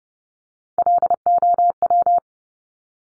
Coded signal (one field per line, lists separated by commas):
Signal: Morse code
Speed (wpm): 30 wpm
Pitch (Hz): 700 Hz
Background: none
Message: LOW